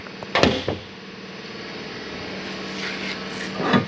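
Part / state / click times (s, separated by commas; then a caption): patio deck support arm into its bracket on a ramp door / seated / 0.4 s. On the ramp-door patio deck of an XLR Boost 29LRLE RV toy hauler, a metal support arm is swung out and pushed into its bracket. After faint taps, it snaps into place with a sharp, knock-like hit at 0.4 s and a smaller thud just after. A low steady hum follows, ending with another dull knock near the end, and the arm is seated.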